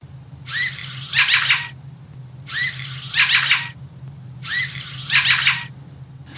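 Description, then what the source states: Fieldfare calls: harsh, chattering chack notes in three bursts about two seconds apart, each a short rasping cluster, over a faint low hum. Fieldfares in gardens in December; from the Bird Sounds of Europe app by Henk Meus.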